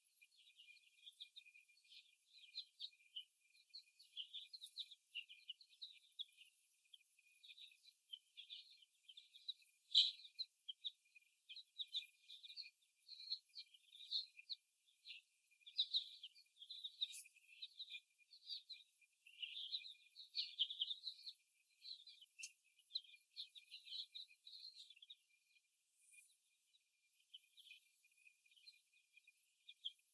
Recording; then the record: young laying hens in a cage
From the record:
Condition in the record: after the stressor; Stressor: simulated dog barking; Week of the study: 1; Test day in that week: 1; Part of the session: 3